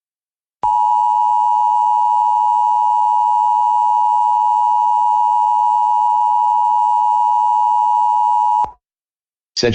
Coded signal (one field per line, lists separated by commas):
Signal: Emergency Alert System (SAME) tones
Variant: 853 and 960 Hz attention tone